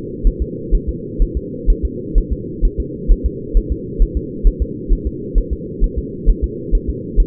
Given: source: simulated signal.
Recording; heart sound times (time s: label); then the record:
fetal heart sounds
0.27 s: S1
0.42 s: S2
0.75 s: S1
0.89 s: S2
1.22 s: S1
1.37 s: S2
1.70 s: S1
1.85 s: S2
2.18 s: S1
2.33 s: S2
2.65 s: S1
2.80 s: S2
3.12 s: S1
3.26 s: S2
3.57 s: S1
3.72 s: S2
4.02 s: S1
4.17 s: S2
4.47 s: S1
4.62 s: S2
4.93 s: S1
5.07 s: S2
5.38 s: S1
5.53 s: S2
5.84 s: S1
5.98 s: S2
6.29 s: S1
6.44 s: S2
6.75 s: S1
6.90 s: S2
7.20 s: S1
From the record:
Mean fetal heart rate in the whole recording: 130 bpm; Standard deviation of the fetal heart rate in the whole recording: 2 bpm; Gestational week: 38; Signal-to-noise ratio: -4.1 dB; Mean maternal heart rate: no maternal heart sound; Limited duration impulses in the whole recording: absent